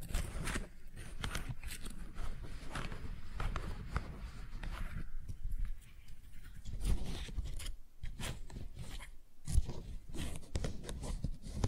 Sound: Tingly Flower Sounds